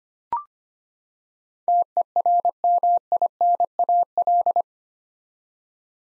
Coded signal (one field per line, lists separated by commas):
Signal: Morse code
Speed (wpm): 25 wpm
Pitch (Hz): 700 Hz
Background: none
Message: TERMINAL